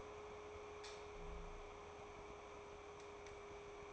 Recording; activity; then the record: daily activity, microphone in the room; light on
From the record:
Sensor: 1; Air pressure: 1010.2 hPa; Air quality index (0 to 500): 172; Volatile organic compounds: 12 ppm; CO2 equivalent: 2366 ppm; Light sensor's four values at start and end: 52/136/56/70 and 56/150/61/75